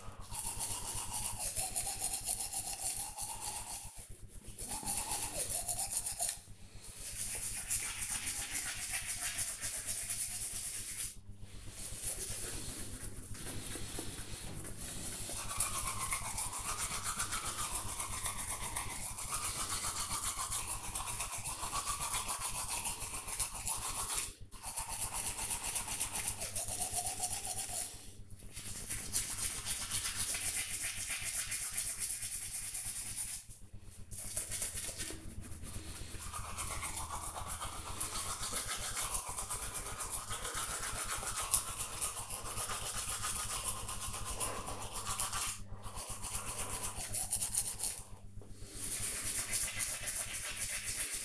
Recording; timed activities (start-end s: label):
household activities, microphone on the right wrist
0.00-51.25 s: brushing teeth